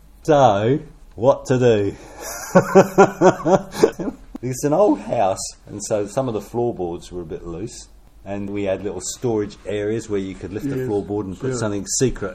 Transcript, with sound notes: So… what to do? [Chuckle] It’s an old house, and so some of the floorboards were a bit loose and we had little storage areas where you could lift the floorboard and put something secret…